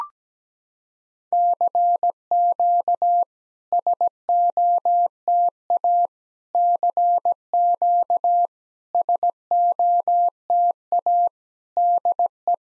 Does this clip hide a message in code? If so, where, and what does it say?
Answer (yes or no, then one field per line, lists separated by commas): yes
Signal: Morse code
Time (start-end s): 1.3-12.5 s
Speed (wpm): 17 wpm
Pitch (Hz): 700 Hz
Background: none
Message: CQ SOTA CQ SOTA DE